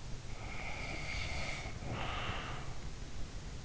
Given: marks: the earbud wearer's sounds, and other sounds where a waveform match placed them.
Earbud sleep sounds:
sounds in sleep by an in-ear microphone; breath
0.28-3.37 s: breath

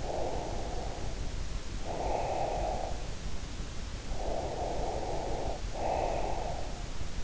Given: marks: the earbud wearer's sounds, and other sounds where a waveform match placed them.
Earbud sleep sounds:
sounds in sleep by an in-ear microphone; breath
0.00-3.08 s: breath
4.16-6.95 s: breath

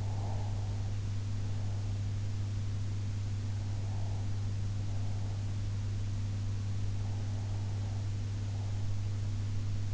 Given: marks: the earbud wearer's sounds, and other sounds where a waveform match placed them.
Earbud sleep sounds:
sounds in sleep by an in-ear microphone; breath
0.00-1.93 s: breath

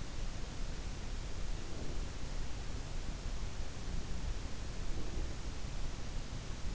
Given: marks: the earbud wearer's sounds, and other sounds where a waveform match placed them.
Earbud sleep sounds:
sounds in sleep by an in-ear microphone; breath
1.07-2.45 s: breath
4.03-5.54 s: breath

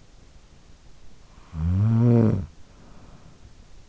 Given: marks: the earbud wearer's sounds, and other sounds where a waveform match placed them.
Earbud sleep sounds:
sounds in sleep by an in-ear microphone; snoring breath
1.05-3.86 s: snoring breath

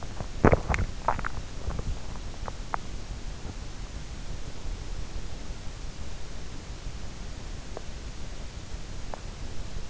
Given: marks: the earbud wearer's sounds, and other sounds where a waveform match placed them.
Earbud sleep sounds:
sounds in sleep by an in-ear microphone; swallowing, teeth grinding
0.00-3.03 s: swallowing
7.49-7.98 s: teeth grinding
8.79-9.47 s: teeth grinding

